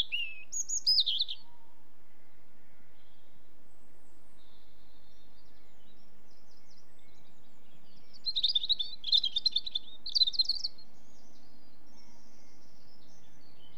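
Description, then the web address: European robin giving high, thin warbled phrases, one short burst at the start and a longer run of tumbling trills later, with quiet low background noise. "BBC Sound Effects Library. Robin"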